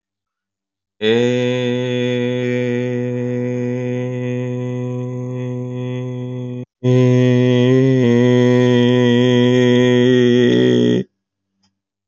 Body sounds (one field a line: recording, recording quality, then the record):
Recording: sustained vowel as in made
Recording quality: excellent, no background noise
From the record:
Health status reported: healthy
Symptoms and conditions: none ticked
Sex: male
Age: 40 years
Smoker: not ticked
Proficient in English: yes